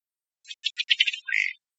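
Ruddy duck making a series of dry ticking pulses that speed up, then ending in a short, harsh, buzzy belching note.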